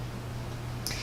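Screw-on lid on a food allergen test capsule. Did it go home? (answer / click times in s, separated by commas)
yes / 0.9 s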